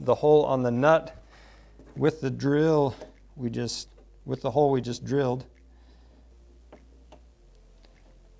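A threaded snap fastener is slid into place on a soft UTV upper door panel, and its nut is lined up with a freshly drilled hole before threading begins. Someone talks for the first five and a half seconds, then faint light handling taps follow around 6.7, 7.1, 7.6 and 7.9 seconds. Nothing has seated or clicked yet.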